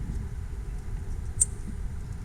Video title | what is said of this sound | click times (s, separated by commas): Volvo XC90 2007 2008 2009 2010 2011 2012 Bluetooth iPhone Android USB AUX Car Kit Install GROM Audio | makes that little click and then | 1.4 s